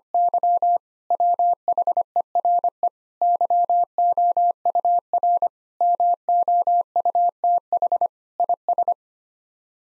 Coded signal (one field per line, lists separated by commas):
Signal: Morse code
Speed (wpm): 25 wpm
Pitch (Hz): 700 Hz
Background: none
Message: Y WHERE YOUR MOUTH IS